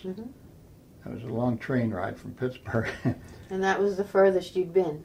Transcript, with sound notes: Uh huh.
That was a long train ride from Pittsburgh. (laughs)
And that was the furthest you'd been.